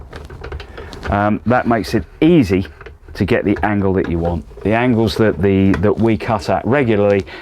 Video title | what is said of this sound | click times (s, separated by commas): Metabo KGS-216M 216mm sliding bevel mitre saw | it has got some regular stops 15 22 and 1/2 30 and 45 where simply by moving it you can hear it click into place | 0.9 s